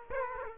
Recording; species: mosquito wingbeat signal from an infrared sensor; Aedes aegypti